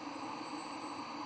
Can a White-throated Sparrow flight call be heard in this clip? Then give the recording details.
no. No flight call is heard. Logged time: 05:03 on 21 September 2014